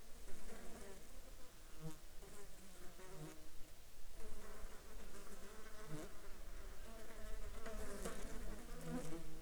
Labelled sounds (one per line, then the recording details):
insects
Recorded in the Arctic National Wildlife Refuge, Alaska, on 11 July 2019 at 12:09
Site 35